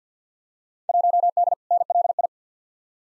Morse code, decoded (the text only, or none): 1D NLI